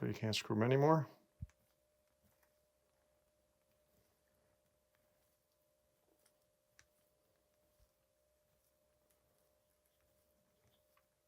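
A threaded component is screwed in by hand, until it won't turn any further, on a 2023+ RockShox Pike C1 suspension fork with a Charger 3 RC2 damper and Buttercups. Someone talks briefly at the start. Then comes a quiet stretch with a faint steady hum and scattered soft ticks, the sharpest near 6.3 and 6.8 seconds; nothing has seated or clicked into place yet.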